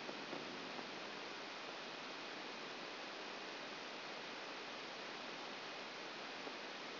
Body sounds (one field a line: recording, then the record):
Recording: brain microelectrode recording played as sound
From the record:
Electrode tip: outside the subthalamic nucleus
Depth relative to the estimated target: -6 mm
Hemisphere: left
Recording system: AlphaMap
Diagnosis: Parkinson's disease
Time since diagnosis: 10 years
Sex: female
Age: 63 years